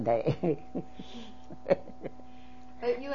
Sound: she laughs

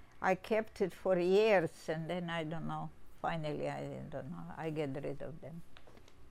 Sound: none

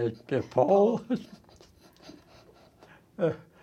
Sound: laughs

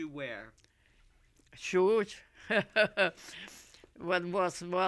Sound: she laughs

